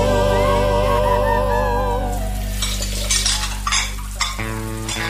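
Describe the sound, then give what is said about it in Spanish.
A sung melody gives way to a steady rush of running tap water as dishes are washed, with a few light clinks of dishes and cutlery over sustained music in the background. “No dejes correr el agua mientras lavas los platos.”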